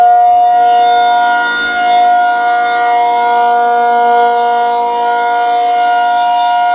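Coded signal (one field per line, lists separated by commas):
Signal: siren signal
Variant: ACA P-50 siren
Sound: a loud, steady, harmonic-rich siren wail held at one pitch for about seven seconds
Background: outdoor ambience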